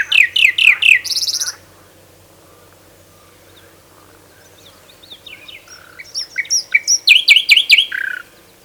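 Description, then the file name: Common nightingale song: a loud fast series of repeated notes ending in a harsh buzz, a pause, then a new phrase of rapid repeated chirps. "Luscinia megarhynchos"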